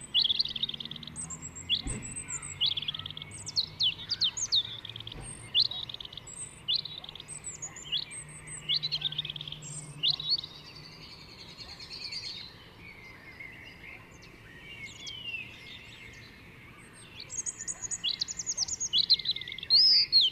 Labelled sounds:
European Robin (Erithacus rubecula) song

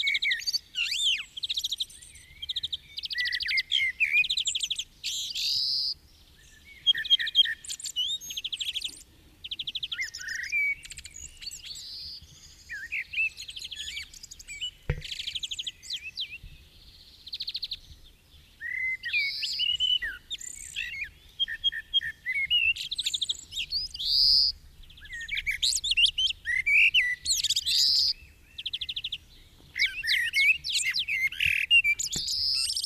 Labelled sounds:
Common Blackbird (Turdus merula) song

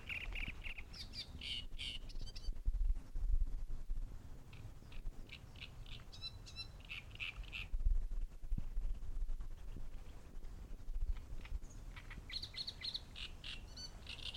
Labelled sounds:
Great Reed Warbler (Acrocephalus arundinaceus)

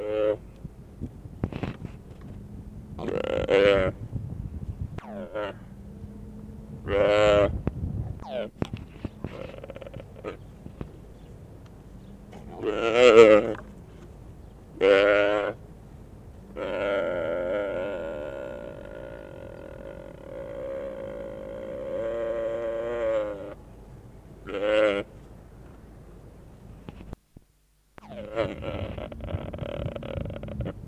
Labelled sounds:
Mule Deer (Odocoileus hemionus) call

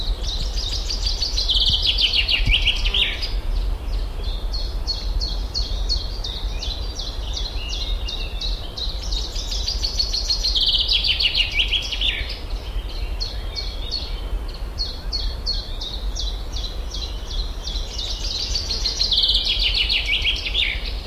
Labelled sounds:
Common Chaffinch (Fringilla coelebs) song

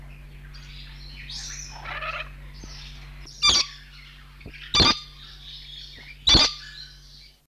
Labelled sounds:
Scaly-breasted Lorikeet (Trichoglossus chlorolepidotus) call

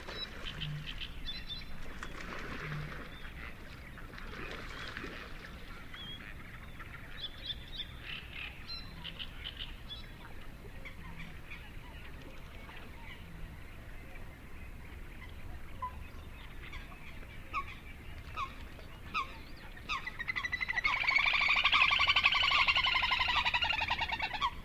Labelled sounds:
Little Grebe (Tachybaptus ruficollis) call

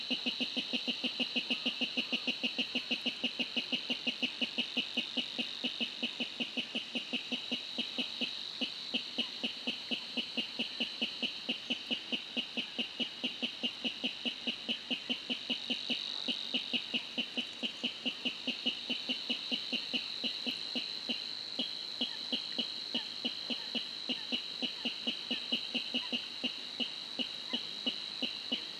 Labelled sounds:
Water Rail (Rallus aquaticus)

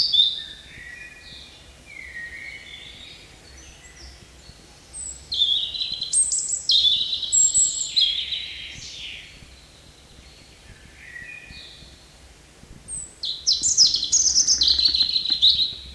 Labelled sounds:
European Robin (Erithacus rubecula) song

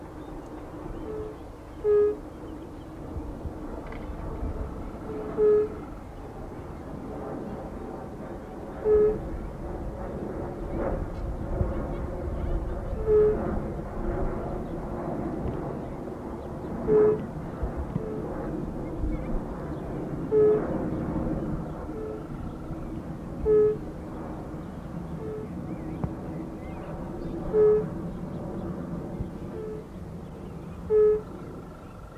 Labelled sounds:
Fire-Bellied Toad (Bombina bombina) call

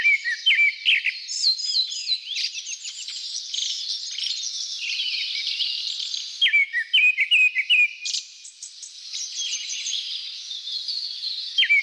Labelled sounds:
Grey-backed Thrush (Turdus hortulorum) song

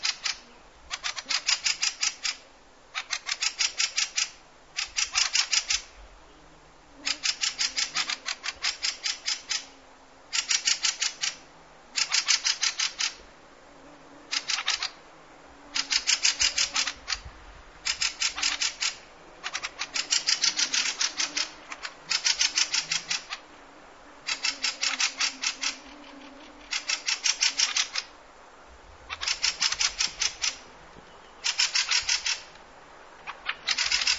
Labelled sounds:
Fieldfare (Turdus pilaris) alarm call

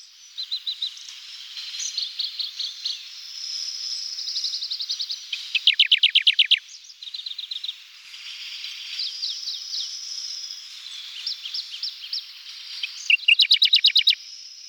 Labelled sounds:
Radde's Warbler (Phylloscopus schwarzi) song

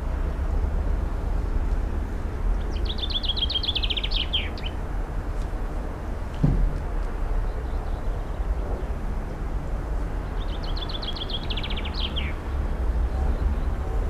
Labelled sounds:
Common Chaffinch (Fringilla coelebs) song

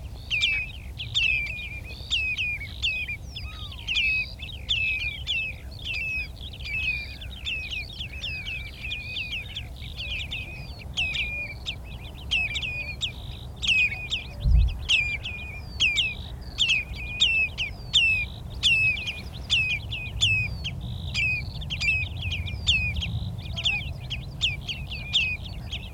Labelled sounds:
Common Redshank (Tringa totanus) call

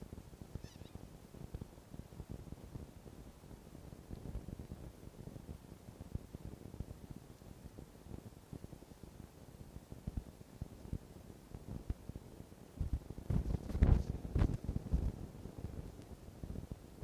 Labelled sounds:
Red Fox (Vulpes vulpes)

